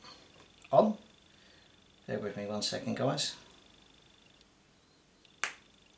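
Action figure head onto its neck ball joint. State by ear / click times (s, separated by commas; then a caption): seated / 5.4 s. Someone talks while pressing the plastic head of a Cobb Vanth (Mandalorian Armor) The Vintage Collection action figure back onto its neck ball joint. After a pause, a single sharp pop is heard at 5.4 s as the head snaps onto the joint and seats.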